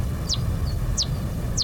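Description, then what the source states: Daubenton's bat echolocation calls, three sharp downward sweeps spaced about two-thirds of a second apart, over a constant low rumble. Flies very close by; heard through a heterodyne bat detector, where it sounds like a moped.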